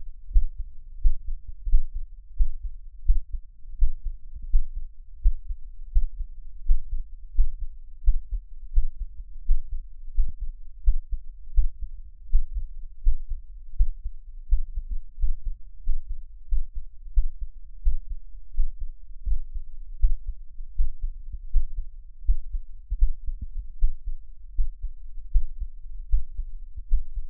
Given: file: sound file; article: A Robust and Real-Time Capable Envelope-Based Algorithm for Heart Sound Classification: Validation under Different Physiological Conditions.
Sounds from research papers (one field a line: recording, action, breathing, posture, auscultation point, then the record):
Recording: heart sounds by electronic stethoscope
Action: after 5 min of sport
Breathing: deep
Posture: sitting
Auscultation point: Erb’s point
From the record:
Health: healthy, no known heart disease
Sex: male